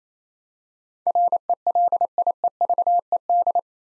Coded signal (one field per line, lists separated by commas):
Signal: Morse code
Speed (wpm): 28 wpm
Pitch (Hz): 700 Hz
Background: none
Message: RELIEVED